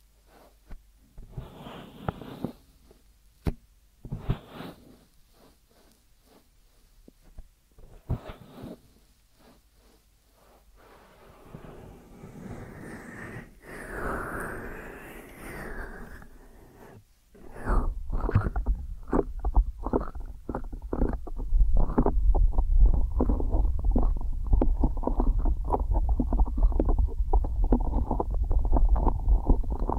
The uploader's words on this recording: ASMR Deep Ear Massage for Sleep(No Talking).